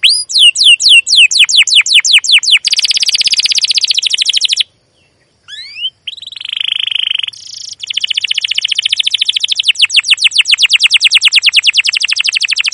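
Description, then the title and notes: Canary song of rapid sweeping chirps and dense buzzy rolls, with a short silence midway before trilling resumes. Canary singing continuous 'cuit cuit ngerol' chirping and rolling song, described as long; used as a lure to train young canaries to learn song. "CUIT CUIT NGEROL LANGSUNG GACOR PANJANG Kenari Ini AMPUH Utk Pancingan KENAR. PANCINGAN Kenari GACOR PANJANG Cuit CUIT EMOSI ini AMPUH utk MASTERAN Kenari PAUD belajar BUNYI. burung kenari"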